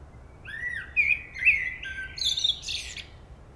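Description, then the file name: Common blackbird singing a smooth, rising and falling flute-like phrase that builds into a high, rushing twitter at the end. "Turdus merula"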